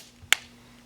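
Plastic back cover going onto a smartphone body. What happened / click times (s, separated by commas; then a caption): The plastic back cover snapped into place / 0.3 s. A plastic back cover is pressed onto the body of a Galaxy S4 smartphone, starting at the top. One sharp, loud snap is heard at 0.3 s, and the cover is seated.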